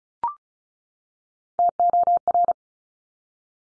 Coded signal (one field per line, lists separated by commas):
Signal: Morse code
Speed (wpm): 33 wpm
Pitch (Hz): 700 Hz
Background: none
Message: TOR